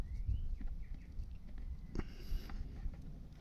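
A plastic fitting's lip is worked around inside the seam of a hydroponic bucket, giving soft rubbing and handling noise with two brief sharp ticks at 2.0 s and 2.5 s. The lip has not snapped into the seam yet; nothing has seated.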